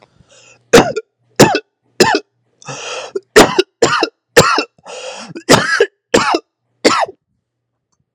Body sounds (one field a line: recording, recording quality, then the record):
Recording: heavy voluntary cough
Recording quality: excellent, no background noise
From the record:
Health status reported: exposed to COVID-19, no respiratory illness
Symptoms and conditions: cold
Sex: male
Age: 47 years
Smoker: not ticked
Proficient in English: yes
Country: United States